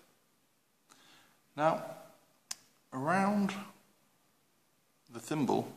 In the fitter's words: screw it in you'll hear starts to click